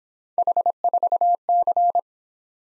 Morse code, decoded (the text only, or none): H4C